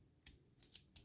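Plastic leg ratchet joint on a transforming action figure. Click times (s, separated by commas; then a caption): 0.3 s, 0.6 s, 0.8 s, 1.0 s. The plastic legs of a WFC Kingdom Scorponok transforming action figure are rotated on a soft ratchet joint. Sharp, bright plastic clicks ring out at 0.3, 0.6, 0.8 and 1.0 seconds over a low background hum. The leg joint clicks into position and locks in place.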